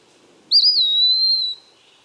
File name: Contopus virens - Eastern Wood Pewee